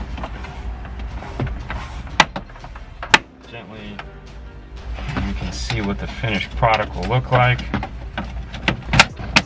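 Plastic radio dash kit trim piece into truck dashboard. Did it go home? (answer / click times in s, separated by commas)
yes / 8.7 s, 9.0 s, 9.4 s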